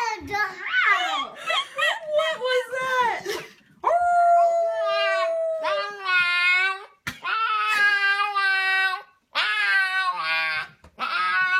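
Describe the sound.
Husky giving drawn-out howls and wavering yowls, some held steady for about two seconds and others sliding up and down in rapid, talkative bursts, with short pauses between.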